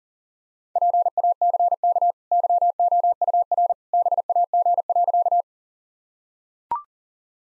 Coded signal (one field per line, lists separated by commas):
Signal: Morse code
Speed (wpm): 37 wpm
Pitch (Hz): 700 Hz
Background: none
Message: PACK YOUR BAG.